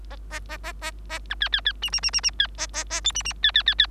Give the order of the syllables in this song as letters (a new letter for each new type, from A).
A A A A A A B C C C D D D D D C A A A E D D C C C C